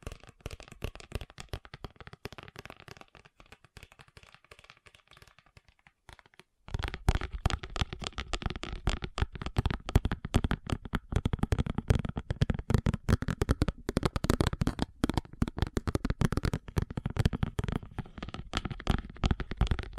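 Fast tapping runs throughout as a dense stream of quick, sharp clicks. For the first six seconds the taps are lighter and thinner, then at about 6.5 seconds they turn louder and fuller with more low thump, continuing rapidly and unevenly to the end.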